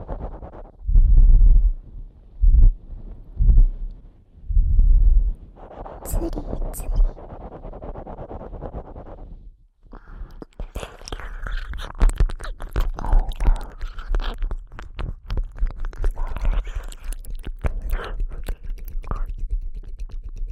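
Ear eating mouth sounds open with four heavy, muffled low thumps in the first five seconds. A steady rustling hiss with a few bright squeaks follows, then a brief pause near ten seconds gives way to dense, wet clicking and smacking that continues to the end.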